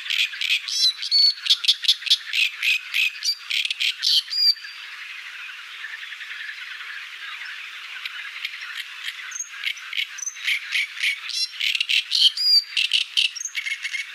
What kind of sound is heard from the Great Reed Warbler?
song